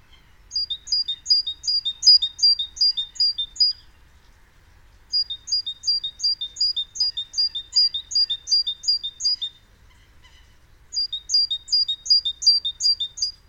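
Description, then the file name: Great tit giving three long runs of high, clipped, rhythmically repeated notes, each run lasting several seconds with short gaps between them. "Parus major"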